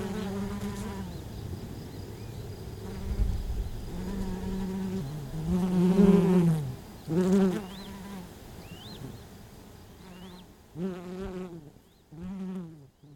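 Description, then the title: Honey bees buzzing in repeated low droning passes, some swelling loudly then fading, with short high bird chirps heard now and then. Domestic honey bees recorded at Buoux, Vaucluse, France, in May 2001. "Sylvain Jaskowiak - Animus. Abeilles domestiques - Buoux, Vaucluse - mai 2001"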